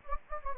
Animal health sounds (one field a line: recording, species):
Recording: mosquito wingbeat signal from an infrared sensor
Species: Anopheles gambiae